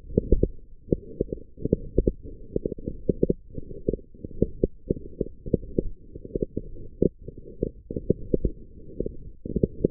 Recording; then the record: forearm muscle sounds (acoustic myography)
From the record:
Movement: forearm supination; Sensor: system 1, eight BSWA MPA416 microphones around the upper forearm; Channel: 6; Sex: female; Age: 21 years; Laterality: right